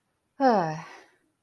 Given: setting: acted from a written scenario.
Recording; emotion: vocal sound without words; pride